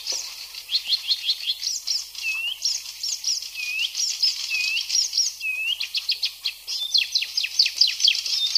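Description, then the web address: Icterine warbler song: a fast, varied stream of high chattering and squeaky notes, with several clear slurred whistles mixed into the phrase. "ljud Hippolais icterina"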